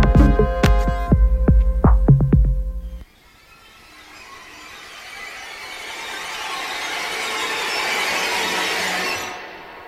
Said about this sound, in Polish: Co to za pisk i zgrzyt na początek? To nie my,